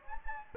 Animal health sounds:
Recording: mosquito wingbeat signal from an infrared sensor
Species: Anopheles gambiae

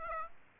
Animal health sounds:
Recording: mosquito wingbeat signal from an infrared sensor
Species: Aedes aegypti

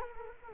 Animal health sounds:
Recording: mosquito wingbeat signal from an infrared sensor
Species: Culex quinquefasciatus

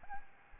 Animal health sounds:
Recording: mosquito wingbeat signal from an infrared sensor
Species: Aedes albopictus

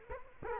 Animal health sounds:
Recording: mosquito wingbeat signal from an infrared sensor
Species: Culex quinquefasciatus

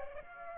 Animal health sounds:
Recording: mosquito wingbeat signal from an infrared sensor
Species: Aedes aegypti

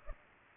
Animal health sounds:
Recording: mosquito wingbeat signal from an infrared sensor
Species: Culex pipiens

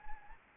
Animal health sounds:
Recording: mosquito wingbeat signal from an infrared sensor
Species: Anopheles gambiae

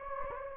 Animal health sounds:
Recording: mosquito wingbeat signal from an infrared sensor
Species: Anopheles gambiae

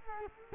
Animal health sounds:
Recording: mosquito wingbeat signal from an infrared sensor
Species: Culex quinquefasciatus

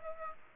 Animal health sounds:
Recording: mosquito wingbeat signal from an infrared sensor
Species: Aedes aegypti

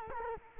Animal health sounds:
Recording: mosquito wingbeat signal from an infrared sensor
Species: Culex quinquefasciatus

